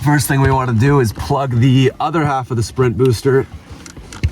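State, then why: Seated. Someone talks while plugging the plastic plug of the second half of a Sprint Booster V3 throttle-booster module into the pedal sensor connector behind the trim of a BMW M5 E60. A few short clicks follow the speech, and the connector seats with a click at 4.2 s.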